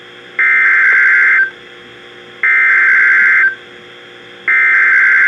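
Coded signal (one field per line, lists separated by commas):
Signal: Emergency Alert System (SAME) tones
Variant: header bursts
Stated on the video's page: NOAA Weather Radio severe thunderstorm warning received on multiple weather radio transmitters.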